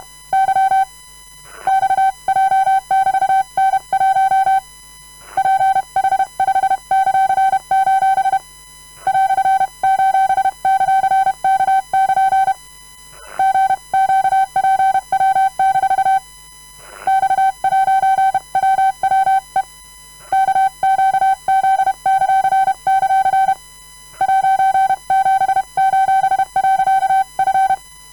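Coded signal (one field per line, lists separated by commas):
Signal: Morse code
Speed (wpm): 31 wpm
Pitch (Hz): 770 Hz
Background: none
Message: Y XJ<BT>N1 PH5;: ":;K<KN> GQPW- X'WWE KQZ;; '7:.F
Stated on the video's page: Random Morse of all characters, numbers and punctuation sent by hand using both right and left hand at a comfortable speed.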